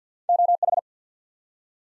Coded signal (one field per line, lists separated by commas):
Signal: Morse code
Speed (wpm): 50 wpm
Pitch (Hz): 700 Hz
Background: none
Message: OH